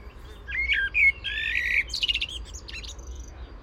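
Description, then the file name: Common blackbird delivering short whistled notes, then a rapid chattering, scratchy twitter climbing higher before fading out. "Turdus merula"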